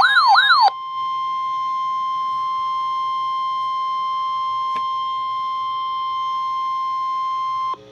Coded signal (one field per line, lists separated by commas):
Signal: Emergency Alert System (SAME) tones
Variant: 1050 Hz attention tone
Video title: REAL EAS 1484- Severe Thunderstorm Warning